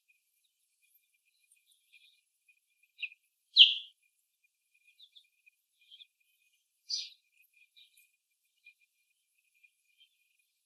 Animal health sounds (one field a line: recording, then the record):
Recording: young laying hens in a cage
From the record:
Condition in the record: before the stressor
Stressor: simulated dog barking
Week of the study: 1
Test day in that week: 1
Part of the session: 1